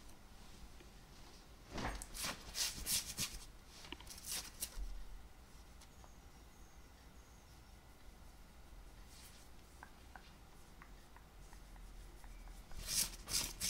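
Fabric scratching against jeans, with bursts of rough rubbing around two to five seconds and again near the end. Between them come quieter stretches with small clicks and taps, perhaps from a belt, over a low steady rumble.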